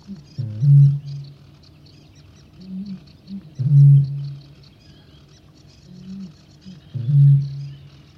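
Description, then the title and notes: Eurasian bittern booming: deep, resonant hoots about every three seconds, each introduced by a short gulping intake, with faint high songbird twittering in the background. Male's booming display song. "Viikon luontoääni: Kaulushaikara. Juha Laaksonen"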